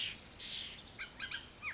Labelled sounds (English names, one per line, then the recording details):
Bullock's Oriole
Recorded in Sonoma County, California